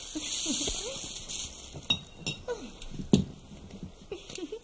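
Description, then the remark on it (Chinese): A tin can being opened for dinner while a plastic sheet is laid out: a run of small metallic clicks and scrapes, with a few sharp, louder snaps standing out over a soft, steady background hiss. “你来铺塑料纸，我来开罐头。”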